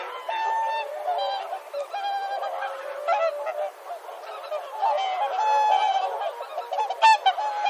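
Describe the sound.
Whooper swans giving clear, sustained trumpeting notes, several birds overlapping in a continuous, slightly wavering chorus.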